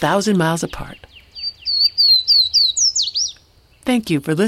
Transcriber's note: Swainson’s Warbler song